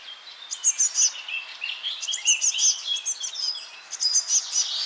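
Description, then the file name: Eurasian blue tit giving high clear chips and short thin whistles, several short bursts in quick succession, mixed with faint buzzy chatter. "Cyanistes caeruleus"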